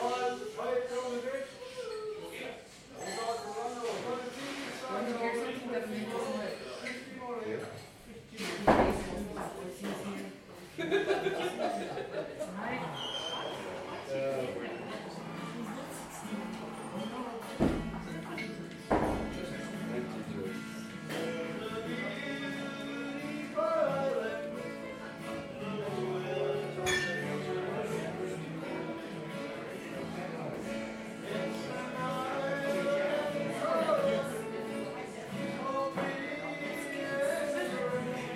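An Irish sing-along, voices singing and talking together in a steady dense mix, with sharp knocks near nine and eighteen seconds.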